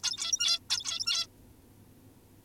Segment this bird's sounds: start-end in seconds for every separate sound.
0.03-0.60, 0.70-1.27